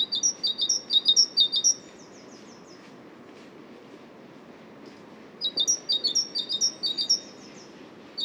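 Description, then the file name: Great tit singing a rapid run of see-saw two-note phrases. It falls silent for several seconds, then repeats the run. "Great Tit Parus major"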